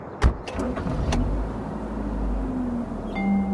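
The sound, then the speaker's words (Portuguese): A sharp click and a brief burst of cranking give way to a car engine catching and settling into a steady low rumble, its pitch climbing into a whine as the car pulls away. “Entra no carro que no caminho eu te explico o que essa história de motor e moto tem a ver com termodinâmica.”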